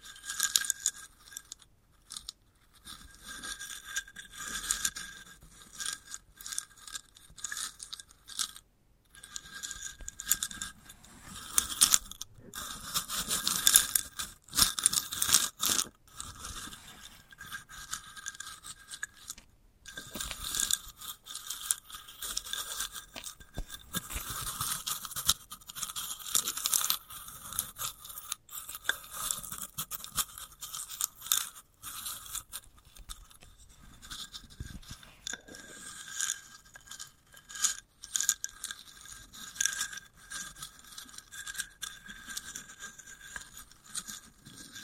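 Sunflower head ASMR: a dense run of dry scratching and scraping with crisp crackles, steady throughout the 45 seconds. The strokes come in quick, irregular bursts with brief pauses, bright and papery, loudest around 12 to 16 seconds and again near 25 seconds.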